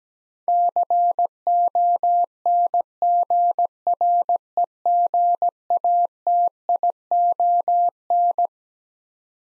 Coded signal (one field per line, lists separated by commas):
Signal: Morse code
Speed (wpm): 17 wpm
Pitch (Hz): 700 Hz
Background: none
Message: CONGREGATION